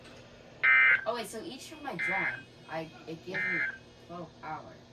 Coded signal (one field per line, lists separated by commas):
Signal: Emergency Alert System (SAME) tones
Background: speech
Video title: One More Alert Explosion (EAS 179-196)